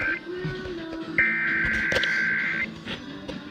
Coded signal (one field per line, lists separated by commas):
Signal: Emergency Alert System (SAME) tones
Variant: header bursts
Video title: Tornado Watch EAS #136